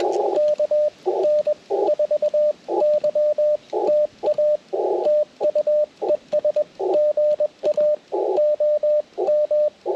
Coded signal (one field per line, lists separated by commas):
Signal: Morse code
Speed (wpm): 21 wpm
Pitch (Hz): 600 Hz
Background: radio noise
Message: KN4YTA TU ES GA OM